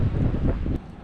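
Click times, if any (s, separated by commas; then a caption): none. On a GR86/BRZ, the heater wire plug of a wide-angle replacement mirror glass is pushed onto the side mirror's electrical connector, with steady low, wind-like rumbling noise that drops quieter after about 0.8 s. No click is heard, and the plug has not clicked into place.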